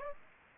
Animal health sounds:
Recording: mosquito wingbeat signal from an infrared sensor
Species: Aedes aegypti

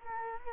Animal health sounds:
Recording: mosquito wingbeat signal from an infrared sensor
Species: Culex quinquefasciatus

